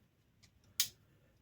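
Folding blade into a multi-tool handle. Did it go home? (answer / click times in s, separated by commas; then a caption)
yes / 0.8 s. A small release lever on a metal Roxon multi-tool is pushed and a blade folds closed into the handle. After faint handling sounds, a single sharp, bright click rings out at 0.8 s and fades quickly. The blade is seated and locked in place.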